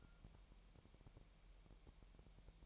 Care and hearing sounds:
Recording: daily activity, microphone in the room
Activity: take from stove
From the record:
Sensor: 1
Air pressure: 1002.1 hPa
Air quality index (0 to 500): 247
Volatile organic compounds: 51 ppm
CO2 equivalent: 3313 ppm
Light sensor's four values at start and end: 6/14/5/6 and 6/14/5/6

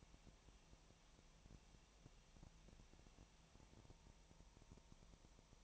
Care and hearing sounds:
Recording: daily activity, microphone in the room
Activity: no activity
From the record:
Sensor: 1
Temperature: 19.4 degrees Celsius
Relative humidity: 35.7%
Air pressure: 1003.3 hPa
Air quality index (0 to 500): 113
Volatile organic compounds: 2 ppm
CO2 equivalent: 1257 ppm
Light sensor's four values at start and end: 1/2/1/1 and 1/2/1/1

